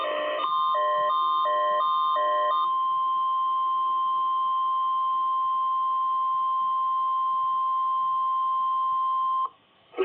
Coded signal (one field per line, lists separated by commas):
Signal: Emergency Alert System (SAME) tones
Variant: 1050 Hz attention tone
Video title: (ARCHIVED) STO 2/2 Weekly Test (EAS #271)